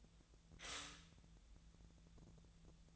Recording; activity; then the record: daily activity, microphone in the room; stop toaster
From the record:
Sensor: 3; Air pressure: 1000.3 hPa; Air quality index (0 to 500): 159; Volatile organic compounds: 3 ppm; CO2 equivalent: 1397 ppm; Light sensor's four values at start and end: 34/88/37/40 and 34/87/36/39